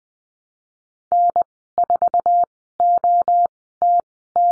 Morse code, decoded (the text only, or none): N4OTT